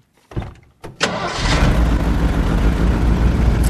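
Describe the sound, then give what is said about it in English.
The engine of a fairly new car with a sprung crankshaft cranks in a couple of short bursts, then catches and settles into a loud, steady, rough running rumble with a heavy low thrum. “Well, it's a crankshaft is sprung. How could you tell by listening?”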